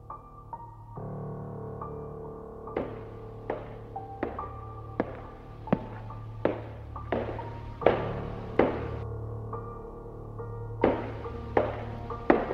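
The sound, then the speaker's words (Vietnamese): High-heel footsteps clatter on a road strewn with crushed stone, about a dozen sharp, clicky taps in a steady walking rhythm with a brief pause, over a low sustained droning musical tone. “Trên con đường lộn nhộn đá vụn, tiếng giày cao gót cứ lạch cạch bước trên mặt lộ.”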